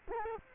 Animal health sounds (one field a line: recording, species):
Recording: mosquito wingbeat signal from an infrared sensor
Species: Culex quinquefasciatus